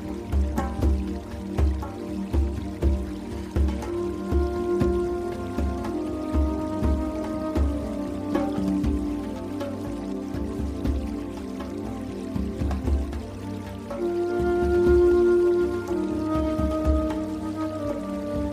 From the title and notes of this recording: New age native american flute music and forest water sounds and new age zen music for sleeping and relaxing.